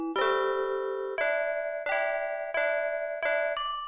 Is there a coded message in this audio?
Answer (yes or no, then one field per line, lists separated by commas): no